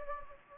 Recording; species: mosquito wingbeat signal from an infrared sensor; Anopheles gambiae